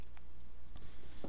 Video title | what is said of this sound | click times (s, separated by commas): Ghost 360 Magazine Pouch Review & Tutorial | see that snaps into place there so there's one tension spring on the back and on the side so | 0.2 s, 0.8 s